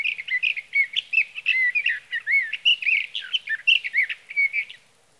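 Sage thrasher song: a rambling, unbroken medley of quick warbled and whistled notes, followed by silence.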